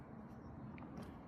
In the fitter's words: I'm not getting a click on that one, so I'm gonna mess with it and see where I can.